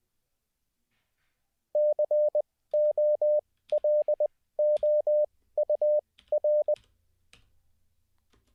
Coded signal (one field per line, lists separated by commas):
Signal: Morse code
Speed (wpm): 20 wpm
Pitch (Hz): 600 Hz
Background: none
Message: COLOUR